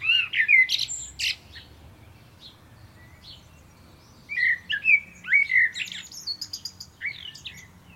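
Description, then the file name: Common blackbird singing: a short fluted phrase with a sharp high flourish, a pause, then a longer run of mellow whistled notes and scratchy high twitters. "Turdus merula"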